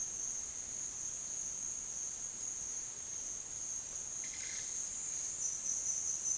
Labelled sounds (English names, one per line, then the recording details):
none
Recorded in dense forest near Puerto Asís, Putumayo, Colombia, on 22 June 2025 at 11:00
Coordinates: 0.466, -76.327
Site GP04